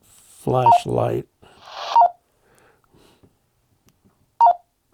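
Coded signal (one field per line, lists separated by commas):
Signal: none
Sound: handheld radio key beeps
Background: speech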